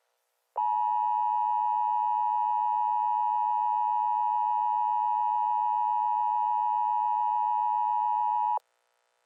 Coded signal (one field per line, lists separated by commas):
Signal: Emergency Alert System (SAME) tones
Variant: 853 and 960 Hz attention tone